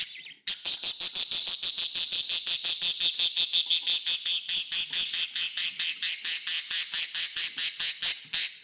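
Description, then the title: Budgerigar chatter: a loud, harsh buzzing stream of rapid pulses, continuing without a break for several seconds. "Budgie Sounds"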